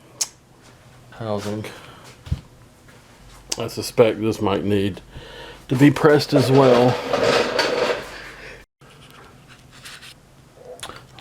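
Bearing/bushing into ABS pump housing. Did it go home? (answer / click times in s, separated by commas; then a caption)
partly / 10.8 s. Someone talks while pushing the bearing or bushing back into the Mark IV ABS pump housing of a 1994 Saab 9000 by hand, with a short sharp click at 10.8 s. It ends up temporarily back together but not seated all the way, only down in there enough to test the bushing and bearing.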